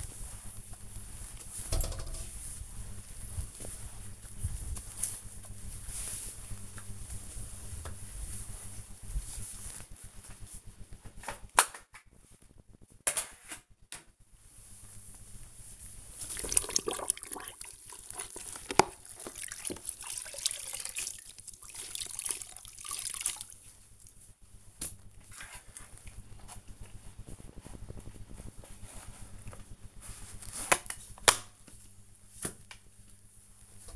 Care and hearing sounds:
household activities, microphone on the right wrist
0.00-33.96 s: floor cleaning

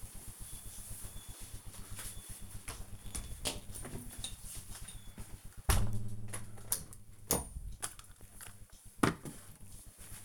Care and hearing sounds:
household activities, microphone on the right wrist
0.00-6.94 s: window cleaning

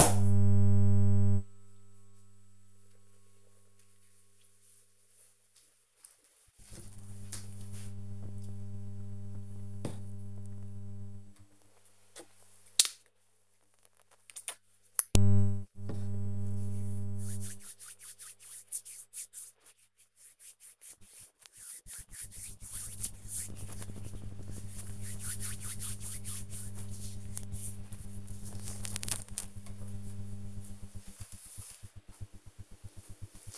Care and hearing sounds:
household activities, microphone on the right wrist
10.53-28.64 s: disinfecting hands

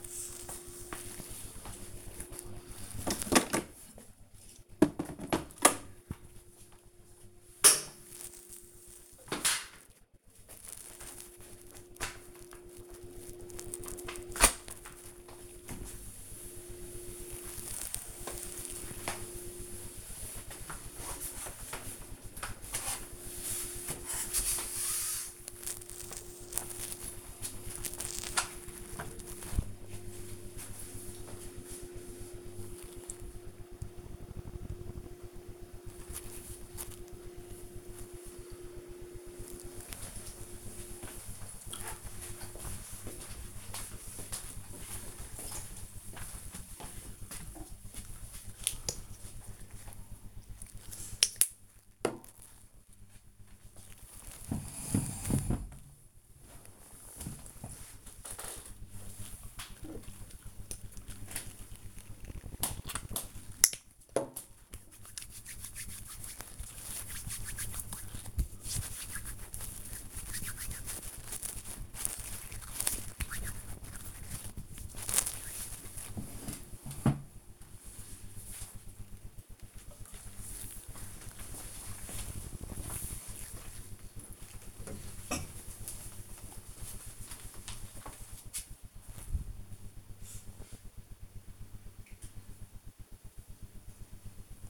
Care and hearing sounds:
household activities, microphone on the right wrist
0.00-27.87 s: floor cleaning
59.16-75.28 s: disinfecting hands

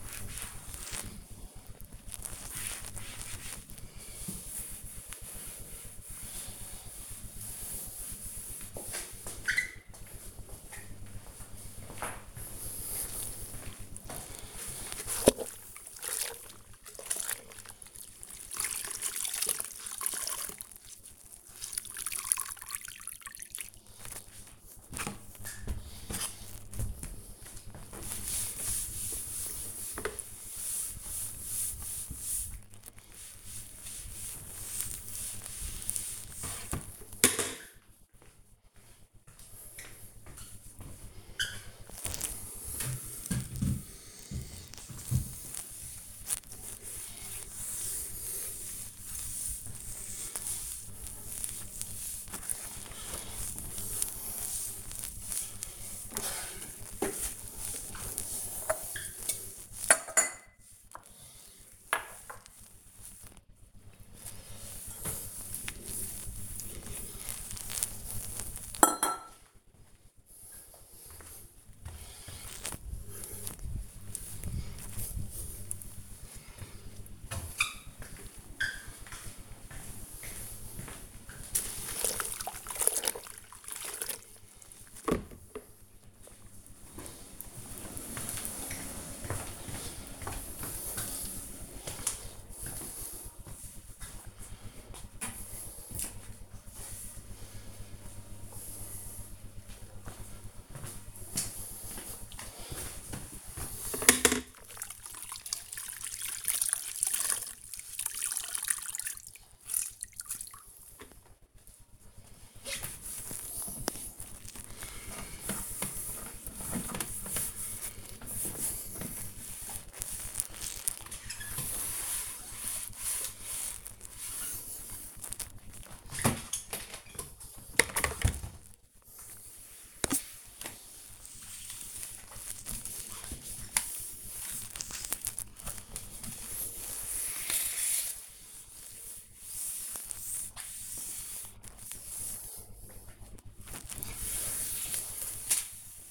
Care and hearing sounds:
household activities, microphone on the right wrist
0.00-82.85 s: cleaning the cupboard
112.00-146.11 s: cleaning the cupboard

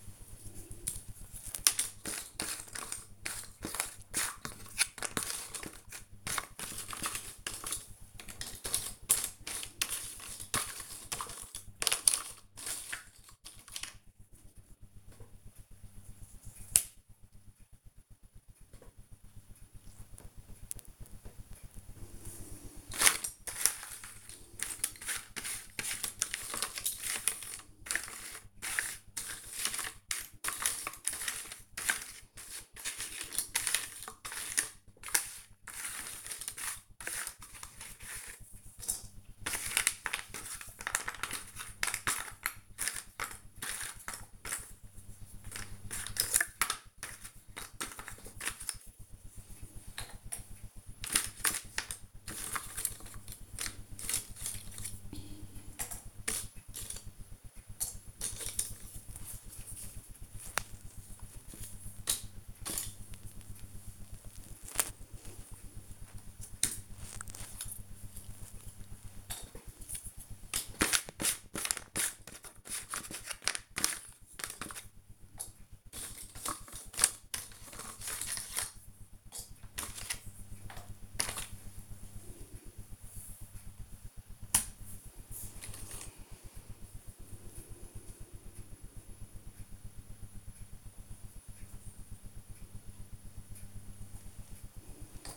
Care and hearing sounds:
household activities, microphone on the right wrist
0.00-95.37 s: doing a puzzle

